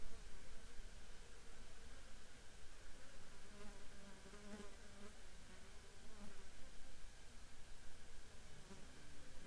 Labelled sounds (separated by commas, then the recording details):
insects
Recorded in the Prudhoe Bay oil fields, Alaska, on 19 July 2021 at 16:19
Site 14